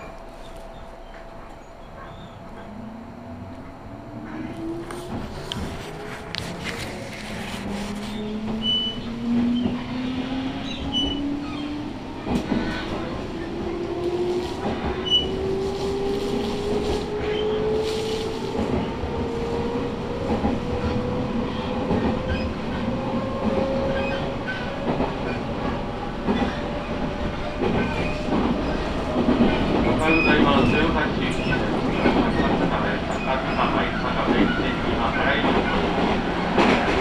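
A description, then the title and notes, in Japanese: A train pulls in along the Tokaido Line while someone waits on the platform. Its motor whine climbs steadily in pitch over about thirty seconds as the rumble grows louder, with a faint steady tone underneath and a burst of clattering and clicks near the end. 東海道本線 浜松→豊橋。6:20発の豊橋行きに乗車して。多少は通勤通学ラッシュにも入りこみます。ホームで列車がくるのを待ちながら乗りこむ。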